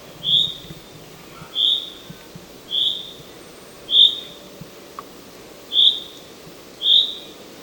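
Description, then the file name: Common chaffinch calling with short, bright whistled notes, six in a row at slightly uneven intervals, with faint low rustles and a click underneath. "Fringilla coelebs"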